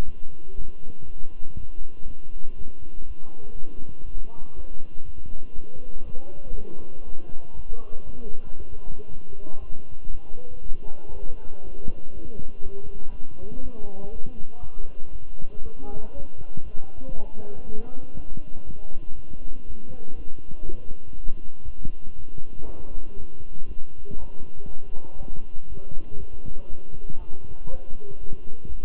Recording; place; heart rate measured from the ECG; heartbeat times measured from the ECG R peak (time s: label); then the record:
heart sounds by stethoscope; between the tricuspid and mitral areas; 119 bpm
0.05 s: heartbeat
0.56 s: heartbeat
1.06 s: heartbeat
1.56 s: heartbeat
2.06 s: heartbeat
2.57 s: heartbeat
3.06 s: heartbeat
3.55 s: heartbeat
4.04 s: heartbeat
4.55 s: heartbeat
5.05 s: heartbeat
5.55 s: heartbeat
6.04 s: heartbeat
6.55 s: heartbeat
7.05 s: heartbeat
7.55 s: heartbeat
8.05 s: heartbeat
8.57 s: heartbeat
9.08 s: heartbeat
9.59 s: heartbeat
10.11 s: heartbeat
10.62 s: heartbeat
11.13 s: heartbeat
11.63 s: heartbeat
12.13 s: heartbeat
12.62 s: heartbeat
13.11 s: heartbeat
13.62 s: heartbeat
14.12 s: heartbeat
14.62 s: heartbeat
15.11 s: heartbeat
15.62 s: heartbeat
16.13 s: heartbeat
16.63 s: heartbeat
17.14 s: heartbeat
17.65 s: heartbeat
18.16 s: heartbeat
18.65 s: heartbeat
19.15 s: heartbeat
19.66 s: heartbeat
20.16 s: heartbeat
20.65 s: heartbeat
21.14 s: heartbeat
21.64 s: heartbeat
22.15 s: heartbeat
22.65 s: heartbeat
23.16 s: heartbeat
23.67 s: heartbeat
24.18 s: heartbeat
24.67 s: heartbeat
25.17 s: heartbeat
25.68 s: heartbeat
26.19 s: heartbeat
26.69 s: heartbeat
27.19 s: heartbeat
27.70 s: heartbeat
28.19 s: heartbeat
28.68 s: heartbeat
From the record:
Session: walking at 3.7 km/h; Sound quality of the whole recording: good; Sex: male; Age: 23 years